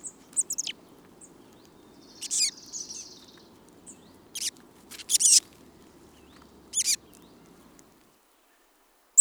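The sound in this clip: Chestnut-backed chickadee giving scattered high, thin call notes and a brief buzzy phrase, spaced irregularly over a soft low hum that stops near the end.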